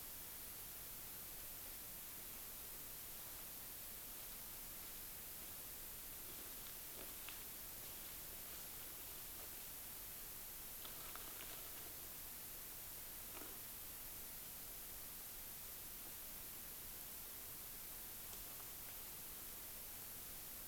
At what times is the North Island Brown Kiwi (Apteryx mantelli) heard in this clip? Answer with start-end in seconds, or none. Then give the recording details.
none. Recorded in New Zealand on 16 June 2014. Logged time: 03:08